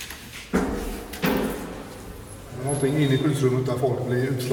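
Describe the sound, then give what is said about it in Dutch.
An old heavy door of a 1950s bunker shelter is unlocked and opened, with two sharp metallic clunks about a second apart, followed by a voice talking over a low rumble. “Weer een nieuwe deur die we openen.”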